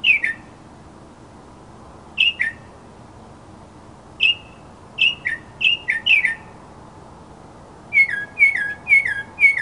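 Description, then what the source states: Mockingbird song: short whistled, downslurred notes, single at first, then quickening into a rapid series of repeated phrases near the end. Labelled a 'masteran' (tutor) sound recording of a mockingbird.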